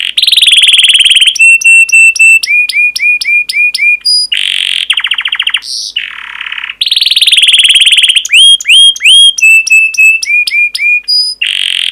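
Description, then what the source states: Canary song mixing sustained buzzy trills, clipped repeated chip notes, a low rolling tour, and bursts of upward-curving whistles, loud and continuous. Long canary song recording used as a lure or training recording for teaching other canaries.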